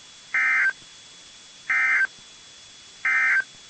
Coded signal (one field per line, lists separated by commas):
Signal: Emergency Alert System (SAME) tones